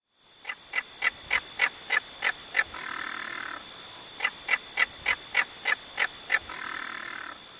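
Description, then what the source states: Southern Caracara rattling call: two series of harsh, evenly spaced clicking notes, three to four per second, over a steady thin high whine. Given while the bird bends its neck back and lays its head right against its back.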